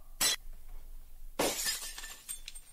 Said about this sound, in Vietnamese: Bàn tay của lão quờ phải cái mép ban thờ. Một tiếng xoảng chát chúa vang lên ở giữa ban thờ.